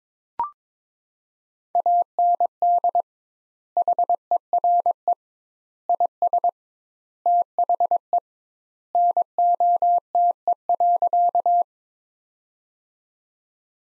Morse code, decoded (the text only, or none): AND HERE IS THE NOTE.